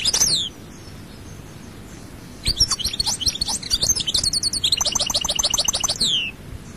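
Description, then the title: European goldfinch song, a brief burst at the start, a pause, then a long stream of fast twittering and trilled phrases. "Chant Chardonneret"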